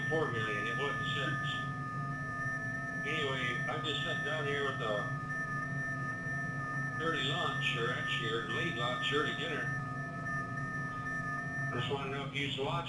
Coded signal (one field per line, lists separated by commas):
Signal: FT8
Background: speech